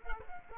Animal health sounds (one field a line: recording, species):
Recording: mosquito wingbeat signal from an infrared sensor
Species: Culex quinquefasciatus